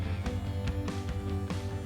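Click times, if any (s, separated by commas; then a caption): none. A parking sensor fitted with foam rings is handled and pushed toward its mount in a steel Barricade HD Modular front bumper for a 2019-2023 Ranger, with brief sharp handling taps near 0.3, 0.7, 0.9 and 1.5 seconds. Music plays steadily underneath the whole time. Nothing has seated or clicked yet.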